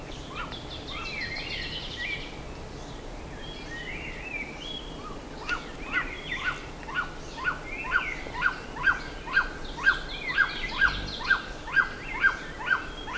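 Bird calls: mixed chattering for several seconds, then a loud, evenly spaced run of clipped falling notes, roughly two each second.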